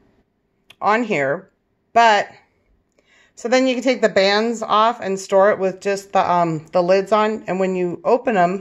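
A metal lid on a home-canned glass jar cooling on the counter flexes down with a sharp pop at 0.7 s as the vacuum seal forms, and the jar is sealed. Afterward, someone talks.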